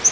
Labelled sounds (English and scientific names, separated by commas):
Yellow-rumped Warbler (Setophaga coronata) flight call